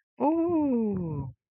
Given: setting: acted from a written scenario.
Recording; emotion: vocal sound without words; contentment